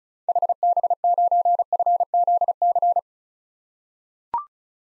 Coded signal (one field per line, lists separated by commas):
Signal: Morse code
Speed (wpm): 36 wpm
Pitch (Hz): 700 Hz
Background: none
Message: HB9FZC